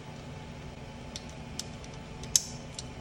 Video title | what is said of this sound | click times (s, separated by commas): Wheellock Nerf Musket Assembly Video | you should hear a click | 2.4 s